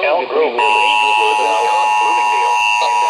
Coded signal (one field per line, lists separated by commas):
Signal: Emergency Alert System (SAME) tones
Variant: 853 and 960 Hz attention tone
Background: speech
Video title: MODERATE RISK OF SEVERE WEATHER - EAS Alerts From 7/15/24. (EAS 639-699) Part 3.